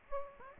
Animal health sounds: mosquito wingbeat signal from an infrared sensor; Aedes aegypti

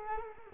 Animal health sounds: mosquito wingbeat signal from an infrared sensor; Culex quinquefasciatus

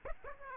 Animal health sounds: mosquito wingbeat signal from an infrared sensor; Aedes aegypti

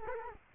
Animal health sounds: mosquito wingbeat signal from an infrared sensor; Culex quinquefasciatus

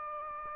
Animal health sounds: mosquito wingbeat signal from an infrared sensor; Anopheles gambiae

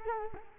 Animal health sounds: mosquito wingbeat signal from an infrared sensor; Culex quinquefasciatus

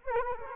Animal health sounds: mosquito wingbeat signal from an infrared sensor; Culex quinquefasciatus

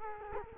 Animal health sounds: mosquito wingbeat signal from an infrared sensor; Culex quinquefasciatus

